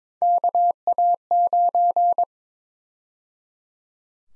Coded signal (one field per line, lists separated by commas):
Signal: Morse code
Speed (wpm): 22 wpm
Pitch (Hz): 700 Hz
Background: none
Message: KA9